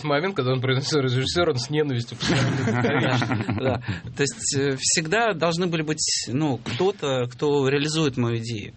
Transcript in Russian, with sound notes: В этот момент, когда он произносил «режиссеры», он с ненавистью посмотрел на Дыховичного.
(смех) То есть, всегда должны были быть… ну, кто-то, кто реализует мою идею.